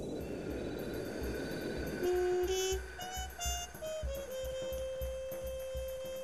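Rumbling ambience at Bahnhof Zoo train station with a steady low mechanical drone, then sustained horn-like tones that step between pitches as a train passes, with faint rhythmic clatter underneath.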